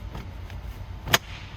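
After a child car seat is strapped in, a vehicle seat back is brought down until its latch locks into the catch. Faint low rumble and a few soft taps lead up to one sharp, bright snap at 1.1 s, much louder than anything else. The seat back is latched in place.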